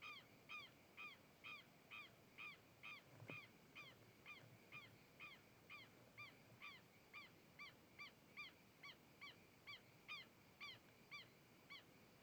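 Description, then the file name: Herons honking steadily, about two calls per second for twelve seconds, nasal and arched, with one brief sharp knock early on. Herons approaching, passing in front of the microphone and moving away. "Garcas se aproximando, passando em frente ao microfone e saindo"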